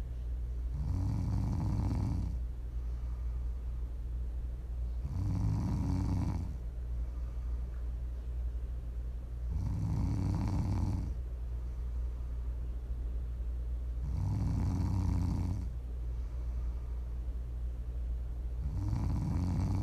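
Prime ASMR snoring from a sleeping adult: low-pitched snores recurring every few seconds, with quiet breathing between them.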